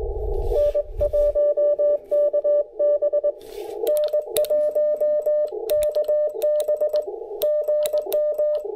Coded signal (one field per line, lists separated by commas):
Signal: Morse code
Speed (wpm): 20 wpm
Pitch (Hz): 590 Hz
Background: none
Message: N1KB N1KB GM